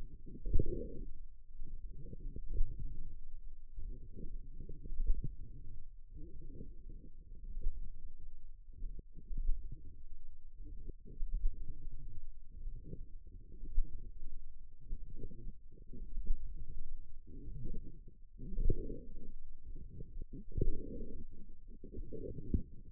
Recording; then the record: forearm muscle sounds (acoustic myography)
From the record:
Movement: forearm pronation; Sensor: system 1, eight BSWA MPA416 microphones around the upper forearm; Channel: 6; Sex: female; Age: 21 years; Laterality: right